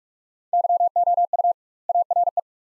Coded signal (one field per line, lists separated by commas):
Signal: Morse code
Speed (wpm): 46 wpm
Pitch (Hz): 700 Hz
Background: none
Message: YOU ARE